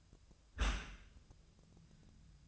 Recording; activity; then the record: daily activity, microphone in the room; close dishwasher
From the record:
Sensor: 2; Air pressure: 1004.5 hPa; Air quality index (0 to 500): 110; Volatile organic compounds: 3 ppm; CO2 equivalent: 1331 ppm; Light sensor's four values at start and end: 6/15/6/6 and 6/15/6/6